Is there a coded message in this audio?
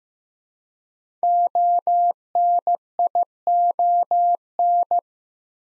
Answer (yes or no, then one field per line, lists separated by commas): yes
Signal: Morse code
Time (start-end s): 1.2-5.0 s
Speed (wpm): 15 wpm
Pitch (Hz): 700 Hz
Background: none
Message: ONION